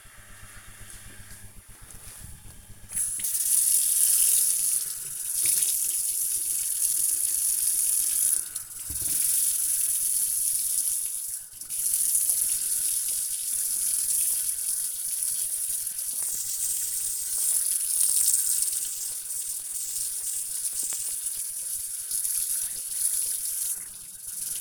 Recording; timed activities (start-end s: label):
household activities, microphone on the right wrist
2.67-24.61 s: washing dishes